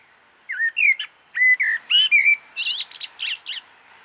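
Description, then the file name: Common blackbird delivering a string of short mellow whistled notes, then a quick run of thin, high squeaky chirps, with a steady high tone underneath. "Turdus merula"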